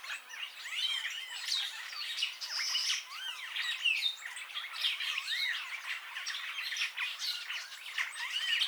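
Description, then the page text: Purple starling calls in a busy stream of harsh squawks, short whistles and slurred chirps, overlapping without pause. "Bram Piot - Пурпурный скворец (Lamprotornis purpureus)"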